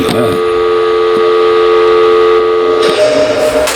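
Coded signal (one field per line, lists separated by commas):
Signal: telephone call progress tone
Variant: North America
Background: speech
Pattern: dial tone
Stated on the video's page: Tone from old clamshell payphones at the Amsterdam Houses.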